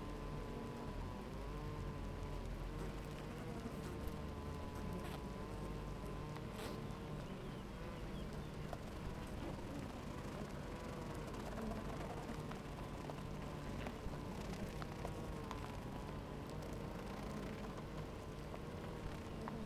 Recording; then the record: honeybee colony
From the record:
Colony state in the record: active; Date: 28 July 2017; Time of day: 11:07